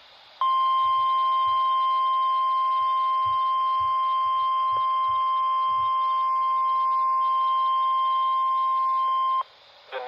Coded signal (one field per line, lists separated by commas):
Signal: Emergency Alert System (SAME) tones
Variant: 1050 Hz attention tone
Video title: [EAS #3016-#3026] Tests to start off the month of June (6/03/24 & 6/05/24)